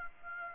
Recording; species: mosquito wingbeat signal from an infrared sensor; Aedes aegypti